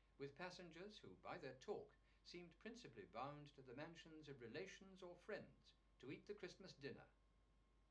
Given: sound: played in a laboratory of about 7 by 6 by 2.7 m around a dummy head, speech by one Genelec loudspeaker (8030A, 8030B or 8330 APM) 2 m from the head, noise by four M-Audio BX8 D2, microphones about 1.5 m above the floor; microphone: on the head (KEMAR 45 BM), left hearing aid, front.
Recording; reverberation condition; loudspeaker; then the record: male speech in English; low; 60 degrees to the left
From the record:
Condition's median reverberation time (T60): about 310 ms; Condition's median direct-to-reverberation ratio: about 3.5 dB